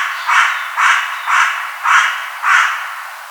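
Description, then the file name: Carrion crow calling five rough, grating caws in quick, even succession. "Corvus corone"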